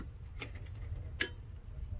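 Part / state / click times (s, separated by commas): click-type torque wrench tightening a cylinder head bolt / torque reached / 1.2 s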